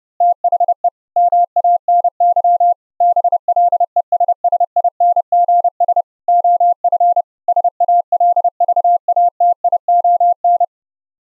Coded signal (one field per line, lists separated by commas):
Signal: Morse code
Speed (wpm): 31 wpm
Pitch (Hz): 700 Hz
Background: none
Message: THE MANY BLESSINGS OF SALVATION